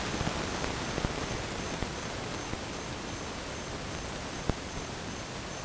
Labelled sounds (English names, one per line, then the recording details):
none
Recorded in dense forest near Puerto Asís, Putumayo, Colombia, on 27 June 2025 at 08:30
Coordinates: 0.503, -76.323
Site G059